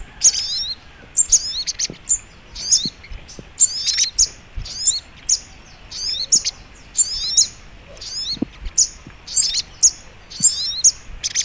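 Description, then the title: Little Spiderhunter song: continuous run of high, sharp chirps in quick bursts, densely packed with brief pauses, over faint hiss. Training (masteran) song in the Labaik style. "Masteran Burung Sogok Ontong Labaik"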